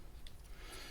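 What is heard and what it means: The second plastic shell retainer clip, on the front or other side of an Athearn SD40 model locomotive shell, is unclipped from the frame. A single short, sharp click sounds at 0.3 s over a low, steady background. The clip releases, making it the second one undone.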